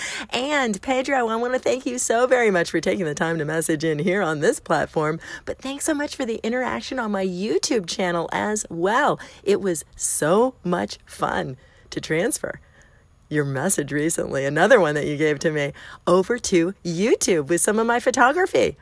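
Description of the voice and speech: A woman speaks in a warm, lively voice, thanking a listener for his messages. Her speech is fluent, with a clear, moderately high voice and a few short pauses where she slows down for emphasis. This is ordinary adult speech.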